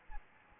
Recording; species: mosquito wingbeat signal from an infrared sensor; Aedes albopictus